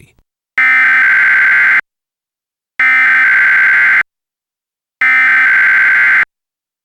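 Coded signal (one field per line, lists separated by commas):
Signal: Emergency Alert System (SAME) tones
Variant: header bursts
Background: speech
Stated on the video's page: Simulated mock EAS weekly test.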